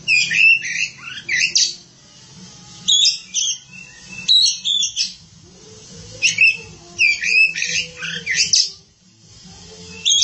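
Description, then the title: Oriental magpie-robin singing loud grouped phrases of sharp whistles and scratchy notes, separated by short gaps. "Suara Kicauan Burung Kacer"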